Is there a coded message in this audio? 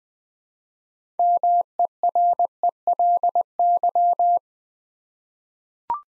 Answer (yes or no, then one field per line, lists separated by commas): yes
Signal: Morse code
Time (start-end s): 1.2-4.4 s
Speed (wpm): 20 wpm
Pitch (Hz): 700 Hz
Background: none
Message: MERELY